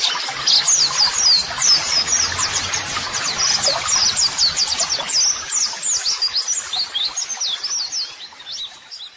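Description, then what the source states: White-eye song: energetic high chirping and fast twitters, loud at first and easing slightly toward the end. White-eye singing vigorously ('gacor'), used as a model song (masteran) for training.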